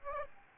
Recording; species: mosquito wingbeat signal from an infrared sensor; Aedes albopictus